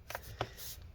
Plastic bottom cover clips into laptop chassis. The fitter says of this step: So you should be able to just line it up and click everything into place.